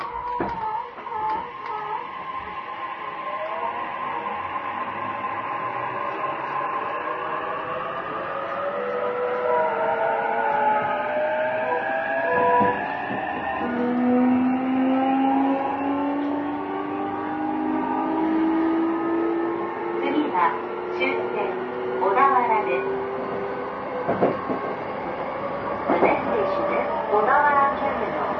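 A JR E233 series train runs between Yokohama and Odawara, its motor whine climbing steadily in pitch as it gathers speed. Beneath the rising tones sits a constant rumble, and from about twenty seconds on, sharp clacks of the wheels over rail joints break through.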